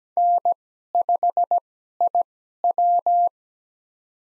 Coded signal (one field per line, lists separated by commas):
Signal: Morse code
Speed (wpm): 17 wpm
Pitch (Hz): 700 Hz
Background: none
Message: N5IW